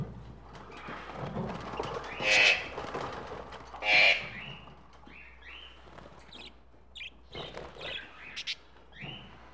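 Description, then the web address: Tropical birds: two loud, harsh squawks about a second and a half apart, followed by softer scattered chirps and short whistled notes. Various tropical birds together in a pet shop. "birds various tropical birds in a pet shop animal ambience"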